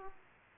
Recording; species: mosquito wingbeat signal from an infrared sensor; Aedes aegypti